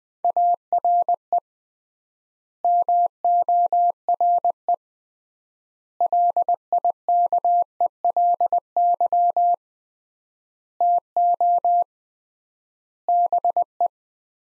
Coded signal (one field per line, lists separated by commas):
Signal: Morse code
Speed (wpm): 20 wpm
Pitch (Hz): 700 Hz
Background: none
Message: ARE MORE LIKELY TO BE